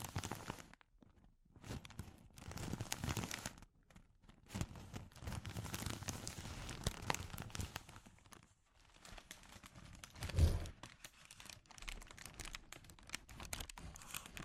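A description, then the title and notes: Sensitive crinkles of rustling plastic come in dense, uneven bursts with brief silent gaps, peaking in a sharper crackle just past ten seconds. ASMR Sensitive Crinkles (No Talking).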